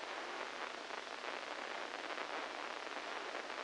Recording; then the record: brain microelectrode recording played as sound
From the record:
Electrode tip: inside the subthalamic nucleus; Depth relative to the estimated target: -4 mm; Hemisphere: right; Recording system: NeuroSet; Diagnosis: Parkinson's disease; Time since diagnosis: 14 years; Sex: male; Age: 51 years